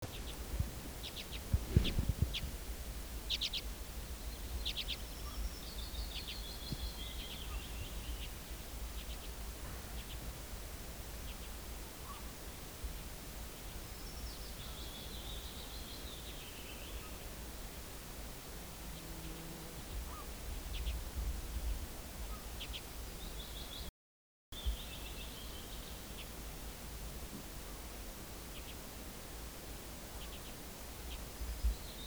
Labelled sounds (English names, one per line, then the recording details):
Common Redpoll call
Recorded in the wild
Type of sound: call
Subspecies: flammea
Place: Halbinsel Kindo, Karelien, RU
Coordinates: 66.5528, 33.1
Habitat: taiga
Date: 1996-06-21
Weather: partly cloudy, ca. 10°C
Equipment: Sony TCD-D3, Sennheiser MKH 70, Windkorb
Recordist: Frommolt, Karl-Heinz
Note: Taigabirkenzeisig (Carduelis flammea flammea): Botanischer Garten: Rufe überfliegender Tiere